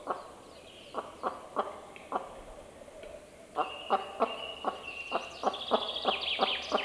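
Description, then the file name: Western capercaillie hen giving a run of sharp, knocking clucks with a pause near the middle, quickening toward the end, with thin whistling songbirds behind. Female bird. "Digiffects Sound Effects Library - Female Capercaillie Call"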